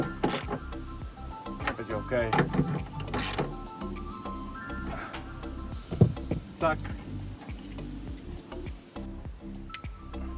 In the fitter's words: Skoczyło, słyszeliście kliknięcie. Jest gitara.